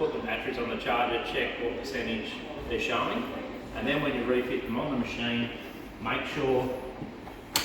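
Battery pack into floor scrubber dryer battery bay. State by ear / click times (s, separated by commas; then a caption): seated / 7.6 s. A man talks for most of the clip while a rechargeable battery pack, just taken off charge, is pushed back into its bay on an i-mop floor scrubber dryer. A single sharp click sounds at 7.6 seconds as the pack seats, showing it is firmly secured.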